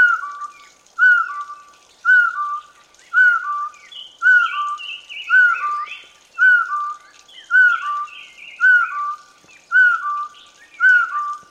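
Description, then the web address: Partridge repeating a steady two-part whistle, a sliding note then a lower flat one, about once per second, while faint higher chattering notes run alongside. "partridge bird"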